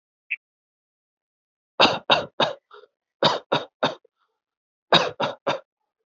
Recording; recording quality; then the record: shallow voluntary cough; excellent, no background noise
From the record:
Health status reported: healthy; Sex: male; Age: 25 years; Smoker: yes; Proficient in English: yes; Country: India